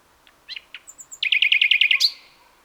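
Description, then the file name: Common nightingale song phrase: a few soft introductory notes, then a fast, loud series of repeated chattering notes ending in a longer note that fades out. "Luscinia megarhynchos"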